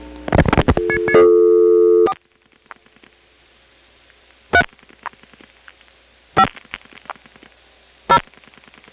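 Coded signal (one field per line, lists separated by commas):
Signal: DTMF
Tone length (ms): 70 ms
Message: 4 3 5 0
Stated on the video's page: Step-by-step and ESS telephone switching recording from Smyrna GA, 1977.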